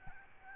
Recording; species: mosquito wingbeat signal from an infrared sensor; Aedes albopictus